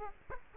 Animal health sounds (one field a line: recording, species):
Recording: mosquito wingbeat signal from an infrared sensor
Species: Culex quinquefasciatus